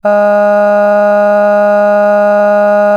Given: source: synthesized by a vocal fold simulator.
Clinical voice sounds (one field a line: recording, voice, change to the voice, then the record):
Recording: sustained vowel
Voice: female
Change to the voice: cycle-to-cycle stiffness perturbation (roughness), level 2 of 10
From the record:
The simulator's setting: 0.96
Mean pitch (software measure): 206 Hz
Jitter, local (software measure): 0.49%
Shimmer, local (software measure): 3.7%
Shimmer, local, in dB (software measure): 0.32 dB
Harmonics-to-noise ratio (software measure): 25.1 dB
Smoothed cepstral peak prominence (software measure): 18.2 dB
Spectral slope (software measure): -21.9 dB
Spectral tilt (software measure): -9.4 dB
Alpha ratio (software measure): -12.4 dB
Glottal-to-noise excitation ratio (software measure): 0.974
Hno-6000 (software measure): 2.4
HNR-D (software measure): 39.5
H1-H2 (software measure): 8.2 dB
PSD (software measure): 2.4e-05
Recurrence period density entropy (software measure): 0.125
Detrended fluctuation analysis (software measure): 0.0275